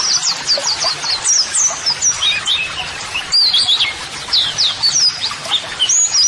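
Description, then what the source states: White-eye song of quick, high descending chirps and short twittering phrases with brief pauses between bursts. Pleci singing actively ('gacor'), offered as a 'masteran' model song for training birds to answer, and as 'audio terapi'.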